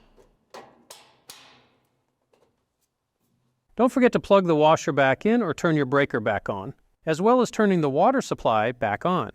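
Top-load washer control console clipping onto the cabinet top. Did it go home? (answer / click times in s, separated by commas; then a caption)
yes / 0.5 s, 0.9 s, 1.3 s. A plastic top-load washer control console, its bottom tabs already slid into the holes in the cabinet top, is pushed down onto the metal cabinet top during a Kenmore washer lid switch replacement. Sharp snaps are heard at 0.5, 0.9 and 1.3 seconds as its spring clips lock onto the cabinet, so the console is seated. After a short pause, someone talks.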